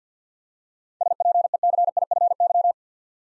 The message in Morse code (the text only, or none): SPECIFY